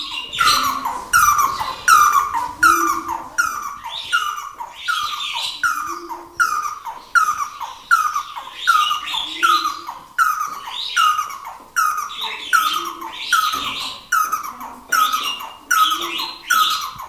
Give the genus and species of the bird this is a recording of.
Trachyphonus erythrocephalus